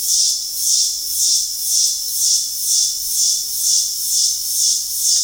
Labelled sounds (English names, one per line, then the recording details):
none
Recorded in dense forest near Puerto Asís, Putumayo, Colombia, on 4 March 2025 at 18:00
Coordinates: 0.499, -76.324
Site GP03